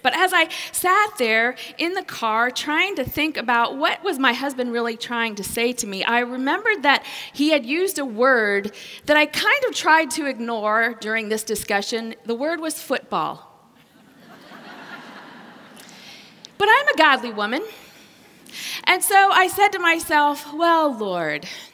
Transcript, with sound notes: But as I sat there in the car trying to think about what was my husband really trying to say to me, I remembered that he used word that I kind of tried to ignore during this discussion. The word was “football.” (laughter) But I’m a godly woman, and so I said to myself, Well, Lord,